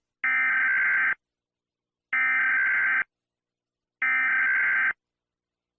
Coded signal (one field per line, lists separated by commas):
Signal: Emergency Alert System (SAME) tones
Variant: header bursts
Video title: EAS Scneario 5: Hazbin Hotel Horror Mayhem III